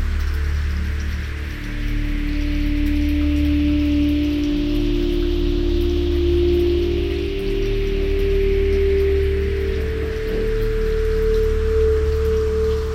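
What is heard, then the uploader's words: Steady rain falls during a thunderstorm, a dense, even hiss that holds at the same level throughout. A low rumbling drone sits underneath. A faint, sustained ringing tone slowly glides upward in pitch over the middle and later seconds. The nature sounds were recorded live during a local thunderstorm.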